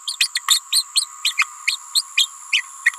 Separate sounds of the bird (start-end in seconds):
0.07-0.16, 0.20-0.28, 0.35-0.41, 0.48-0.60, 0.72-0.84, 0.95-1.07, 1.24-1.34, 1.37-1.45, 1.67-1.77, 1.94-2.03, 2.16-2.31, 2.52-2.63, 2.84-2.91